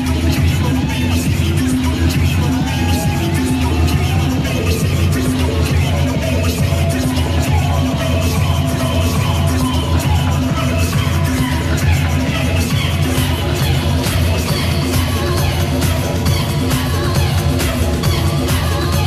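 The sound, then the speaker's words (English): A huge concert crowd of about 6,000 people screams and roars without letup as a DJ walks on stage during his South Africa tour, a dense, loud wall of cheering voices with a heavy low rumble underneath, sustained for the whole stretch. “There's 6,000 people screaming my name, going absolutely crazy, waiting for the … experience.”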